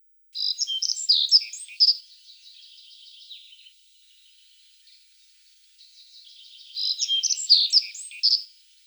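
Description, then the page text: Black-faced bunting song with two lively phrases of varied chirps and trills, a softer, quieter twittering trailing after the first and leading into the second, with a short silence between them. Russia. "Птицы России - Седоголовая овсянка (Ocyris spodocephalus)"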